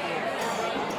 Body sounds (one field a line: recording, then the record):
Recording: coughing mixed with background sound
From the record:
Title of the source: Spring Cold Coughing 3